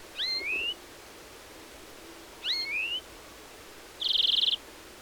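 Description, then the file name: European greenfinch calls: two rising, whistled double notes about two seconds apart, then a single buzzy, wheezing note; faint background hiss. "Chloris chloris"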